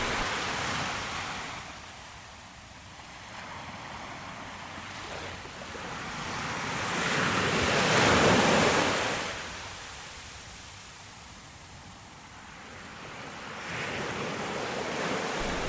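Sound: ocean waves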